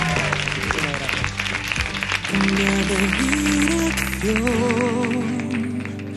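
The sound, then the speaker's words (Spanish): The audience of the RNE radio show Abierto hasta las 2 applauds in a dense, steady wash of clapping for several seconds, with sustained musical tones and voices blending in underneath. “El público, por favor, ese gracias. Aplauso.”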